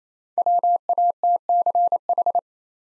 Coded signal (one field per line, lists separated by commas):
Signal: Morse code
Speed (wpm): 27 wpm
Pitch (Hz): 700 Hz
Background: none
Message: WATCH